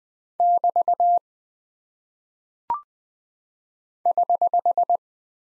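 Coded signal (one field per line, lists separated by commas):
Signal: Morse code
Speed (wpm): 20 wpm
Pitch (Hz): 700 Hz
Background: none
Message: <BT> <HH>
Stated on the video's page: Morse practice at 20 wpm of punctuation and prosign characters, each sent, spoken, then sent again for head-copy.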